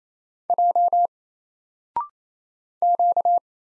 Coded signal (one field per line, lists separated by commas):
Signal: Morse code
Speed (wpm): 27 wpm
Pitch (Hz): 700 Hz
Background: none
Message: J Q